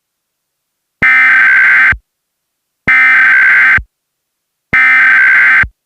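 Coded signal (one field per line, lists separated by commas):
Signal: Emergency Alert System (SAME) tones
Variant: header bursts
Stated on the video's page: Simulated, fictional EAS scenario within an entertainment film.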